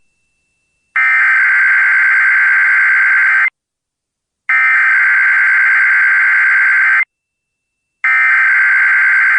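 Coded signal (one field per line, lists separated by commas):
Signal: Emergency Alert System (SAME) tones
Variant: header bursts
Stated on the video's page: PDS tornado watch relayed on WYAB.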